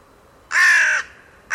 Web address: cianscape birddata Deverinetal 2025 Bird Only Co Co Co Co